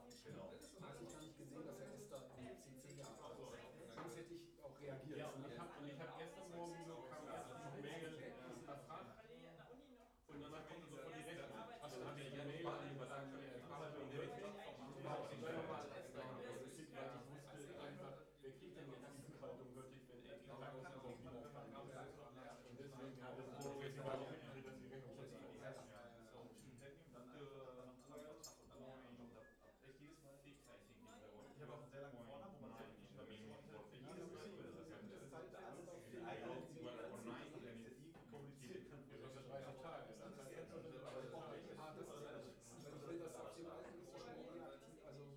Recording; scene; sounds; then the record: everyday scene through a hearing-aid microphone; many people talking; many voices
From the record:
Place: bistro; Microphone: behind the ear, left, front